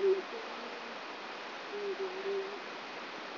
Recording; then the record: brain microelectrode recording played as sound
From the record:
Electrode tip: inside the subthalamic nucleus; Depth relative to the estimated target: 3 mm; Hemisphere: right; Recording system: AlphaMap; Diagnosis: Parkinson's disease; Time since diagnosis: 10 years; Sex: female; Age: 63 years